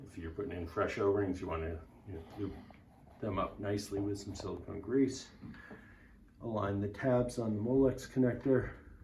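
Someone talks while lining up the tabs on a plastic Molex connector, wiring it into its mating connector at the end cap of an underwater modem enclosure. Only speech is heard, with pauses between phrases. The connector has not been pushed in yet, and nothing has clicked or seated.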